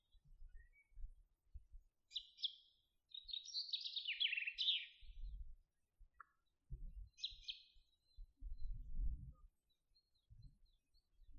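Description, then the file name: Common chaffinch singing one descending, rattling phrase that ends in a flourish, followed later by a couple of short high chips, with intermittent low rumbling noise. "Fringilla coelebs"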